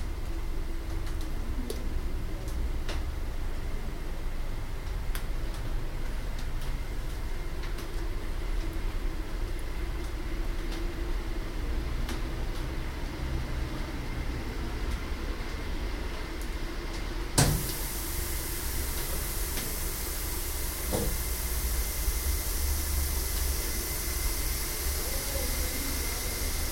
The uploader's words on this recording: Gesis en druppels van het besproeing-systeem in de Hortus Leiden. Hisses and drops of the moisturising system in the Hortus Leiden.